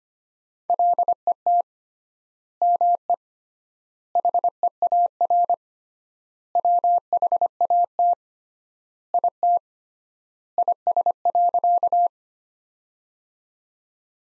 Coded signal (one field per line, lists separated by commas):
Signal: Morse code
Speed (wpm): 25 wpm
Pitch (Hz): 700 Hz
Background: none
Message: LET ME HEAR WHAT IT IS.